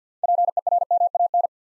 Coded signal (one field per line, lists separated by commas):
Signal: Morse code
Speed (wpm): 50 wpm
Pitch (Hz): 700 Hz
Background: none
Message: PERMAN